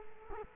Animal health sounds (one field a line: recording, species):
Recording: mosquito wingbeat signal from an infrared sensor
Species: Culex quinquefasciatus